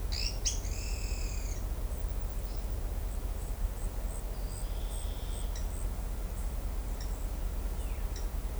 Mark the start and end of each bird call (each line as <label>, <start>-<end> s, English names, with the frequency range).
Pale-eyed Pygmy Tyrant (1.7-10.2 kHz), 0.00-1.61 s
Pale-eyed Pygmy Tyrant (1.6-8.0 kHz), 5.46-5.72 s
Pale-eyed Pygmy Tyrant (1.4-7.8 kHz), 6.91-7.13 s
Pale-eyed Pygmy Tyrant (1.4-7.9 kHz), 8.07-8.27 s